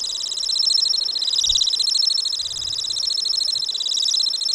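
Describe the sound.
Temminck's stint with a continuous high, rippling trill of very fast pulses, steady and unbroken throughout, with a few faint low thumps beneath.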